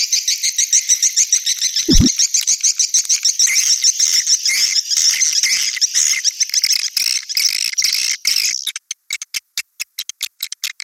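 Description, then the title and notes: Swiftlet twittering: quick repeated high chirps with one low thump near the start, ending in a series of sharp clicks. Swiftlet sound associated with swiftlet farming in Asia. "Swiflet Bird Sound. Farming Swiflet Bird asia sound"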